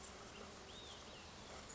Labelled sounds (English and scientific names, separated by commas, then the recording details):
Olive-sided Flycatcher (Contopus cooperi)
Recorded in Sonoma County, California